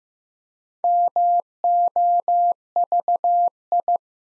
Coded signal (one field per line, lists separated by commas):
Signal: Morse code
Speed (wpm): 15 wpm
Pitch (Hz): 700 Hz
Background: none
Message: MOVI